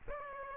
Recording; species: mosquito wingbeat signal from an infrared sensor; Aedes aegypti